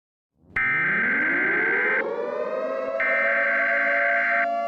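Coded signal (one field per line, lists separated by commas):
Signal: Emergency Alert System (SAME) tones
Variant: header bursts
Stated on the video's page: Simulated EAS tones from a fictional EAS scenario.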